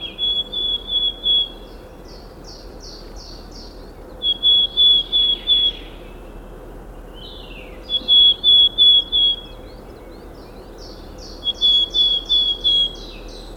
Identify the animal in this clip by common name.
Willow Tit